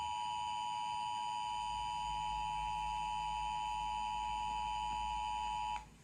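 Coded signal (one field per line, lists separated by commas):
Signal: Emergency Alert System (SAME) tones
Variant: 853 and 960 Hz attention tone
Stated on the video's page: Fictional EAS hurricane scenario.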